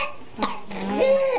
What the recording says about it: Whooping cough is not your run-of-the-mill respiratory virus. It's quite contagious, causing someone to cough so violently they almost suffocate.